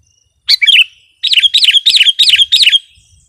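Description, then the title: Sooty-headed bulbul giving a short chirp, then five rapid, evenly spaced bubbly notes sliding downward. "kutilang"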